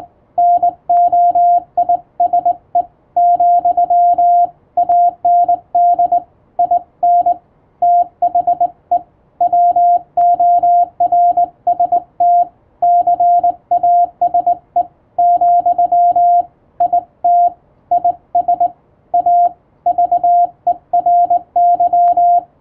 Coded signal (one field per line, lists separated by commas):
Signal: Morse code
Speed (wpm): 21 wpm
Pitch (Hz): 700 Hz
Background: radio noise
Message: NOISE, AND IN THE WORST CASE, IT IS A VERY